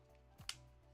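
A detachable game controller is pushed onto the other side rail of a handheld game console and seats with a single sharp click at 0.5 seconds. It is the same satisfying click as on the first side, heard over low background music.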